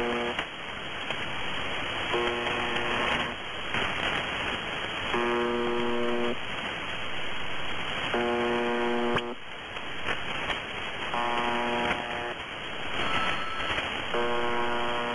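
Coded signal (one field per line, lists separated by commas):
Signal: channel marker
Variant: UVB-76 (The Buzzer)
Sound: five harsh low buzzes, each about a second long, repeating every three seconds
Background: radio static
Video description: MDZhB buzzing like it always fucking does.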